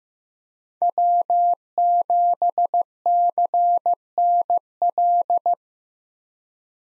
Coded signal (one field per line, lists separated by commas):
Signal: Morse code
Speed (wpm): 15 wpm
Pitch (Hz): 700 Hz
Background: none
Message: W7CNL